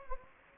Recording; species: mosquito wingbeat signal from an infrared sensor; Anopheles gambiae